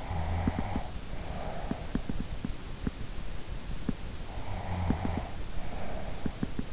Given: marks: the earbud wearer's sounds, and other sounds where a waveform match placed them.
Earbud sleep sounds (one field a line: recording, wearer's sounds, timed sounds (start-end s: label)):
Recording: sounds in sleep by an in-ear microphone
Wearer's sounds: snoring breath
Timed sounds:
0.08-2.07 s: snoring breath
4.37-6.73 s: snoring breath